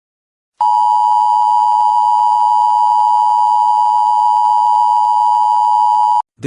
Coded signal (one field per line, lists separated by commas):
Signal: Emergency Alert System (SAME) tones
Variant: 853 and 960 Hz attention tone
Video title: EAS Scenario #10 - Roko's Basilisk